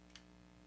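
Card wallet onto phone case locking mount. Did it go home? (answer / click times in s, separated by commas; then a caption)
yes / 0.2 s. A plastic locking card wallet is pressed onto the lock mount of a Speck iPhone 15 series phone case. One short, sharp click sounds at 0.2 s over a low steady hum, and the wallet is locked into place.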